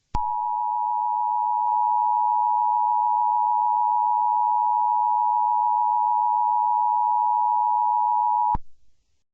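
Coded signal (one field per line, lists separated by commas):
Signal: Emergency Alert System (SAME) tones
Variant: 853 and 960 Hz attention tone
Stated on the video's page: Fictional EAS scenario inspired by Borderlands, built with valid EAS tones.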